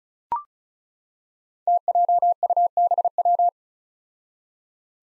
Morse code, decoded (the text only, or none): TJUBW